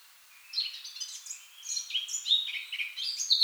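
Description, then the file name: Eurasian blackcap song, a rapid rambling warble of bright twittering notes that swells into higher, louder phrases. "Sylvia atricapilla"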